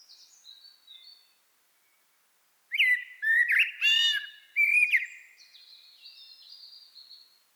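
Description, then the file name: Common blackbird song: faint high twittering, then a loud burst of mellow fluted notes with squeaky high flourishes, fading into a thin high warble. "Turdus merula"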